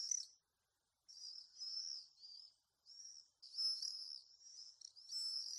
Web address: sound Common-swift. دانلود-صدای-پرنده-بادخورک-معمولی